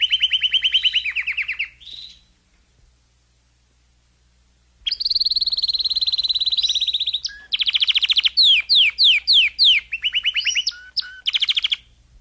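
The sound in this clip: Domestic canary song: a trill that stops, nearly three seconds of quiet, then a long steady trill followed by fast sweeping notes and short tours.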